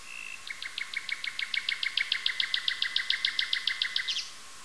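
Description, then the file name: Nightingale song: a brief steady whistle, then a long, rapid series of repeated sharp doubled notes. The series swells in loudness and ends in a short flourish. "solovei"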